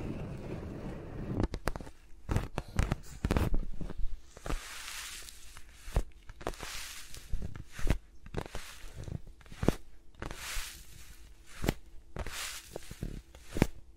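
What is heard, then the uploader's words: Close, dry tapping and rubbing sounds from fingers moving against microphones, with sharp irregular clicks and soft brushing swells, no talking. ASMR with Mics Around My Fingers (No Talking).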